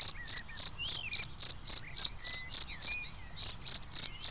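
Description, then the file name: Cricket chirps, high clipped pulses about three or four per second. "Le chant du grillon"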